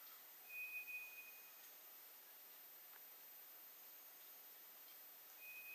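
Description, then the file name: White's thrush song: a thin, level whistled note held almost a second, then a second matching whistle near the end, over steady soft hiss. Recorded on 2 July 2007. "toratugumi-20070702"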